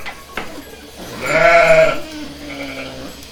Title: ordenha (gramaços, oliveira do hospital). Ovelhas (Ordenha)